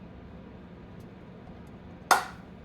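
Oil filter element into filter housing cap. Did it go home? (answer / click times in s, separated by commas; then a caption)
yes / 2.1 s. A new oil filter element for a 2022 Chrysler Pacifica is pushed into its plastic filter housing cap during an oil change. After a quiet stretch of low background noise, a single sharp click is heard at 2.1 s. The element is seated in the cap with a little springy action.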